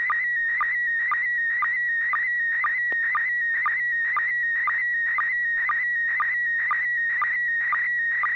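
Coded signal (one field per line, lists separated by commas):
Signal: SSTV (slow-scan television)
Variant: PD120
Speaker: I'll turn it over to you and see if you have something ready to send uh go ahead over okay this is pd120 n6 pgq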